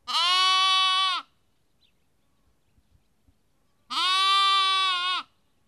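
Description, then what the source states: Sheep: lamb bleating: two long, level, harmonic-rich bleats with a quiet pause and faint clicks between. Lamb, recorded at Kakopetria, Cyprus.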